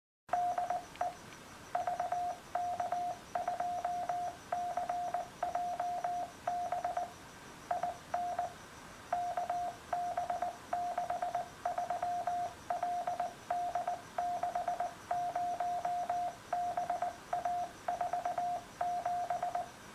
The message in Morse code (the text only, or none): DE VK2CJB IN KB63LD60BA47